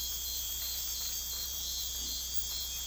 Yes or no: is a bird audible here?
no